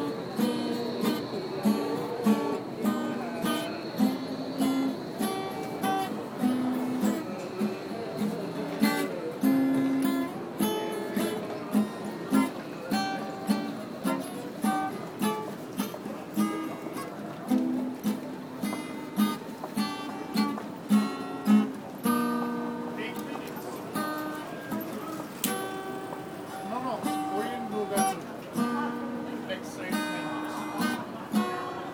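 A busker at a busy station plays shaky, wandering melody lines over steady, clattering rhythmic hits, with a constant murmur of crowd noise underneath.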